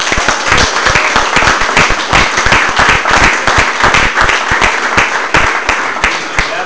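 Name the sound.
audience applause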